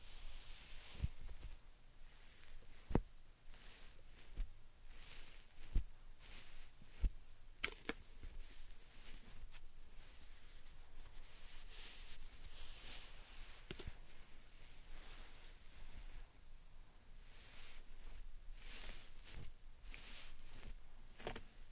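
Slime sand being handled makes soft, wet squishing and crackling bursts, with sharp taps about every second or two over a low hiss.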